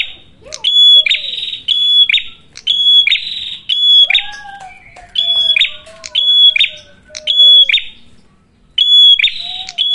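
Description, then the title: Prinia repeated buzzy bursts with a sharp whistled line, in quick series, while a softer lower whistle glides beneath midway. Lure (pancingan) for attracting and training birds (pikat, masteran); red-headed prenjak described as gacor. "Masteran Duet Cililin Vs Kapas Tembak. Pancingan Prenjak Kepala Merah Gacor [ Sangat Cocok banget Untuk Pikat dan Masteran ]"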